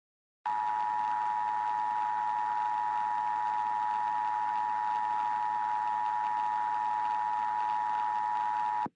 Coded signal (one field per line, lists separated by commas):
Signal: Emergency Alert System (SAME) tones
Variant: 853 and 960 Hz attention tone